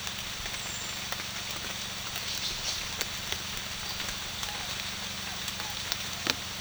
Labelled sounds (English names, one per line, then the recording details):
none
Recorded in secondary vegetation near Puerto Asís, Putumayo, Colombia, on 30 June 2025 at 16:30
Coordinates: 0.498, -76.327
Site GP09